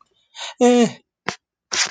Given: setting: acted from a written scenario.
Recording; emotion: vocal sound without words; fear